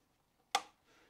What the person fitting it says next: you hear the snap